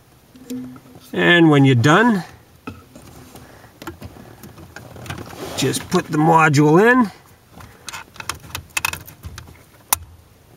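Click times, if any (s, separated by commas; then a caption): 9.9 s. A chime module is pushed into its mount in the dash of a Saturn S-series car while someone talks, with small handling taps and clicks around 8.3–8.9 s. A sharp, bright click at 9.9 s is the module's lock snapping it into place, leaving the module seated.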